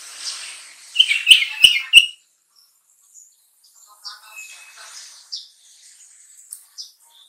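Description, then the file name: Sooty-headed bulbul song: a loud run of sharp, chattering chirps, then softer scattered notes, a thin whistle and short twitters. Kutilang song in the trucukan style. "suara kutilang trucukan"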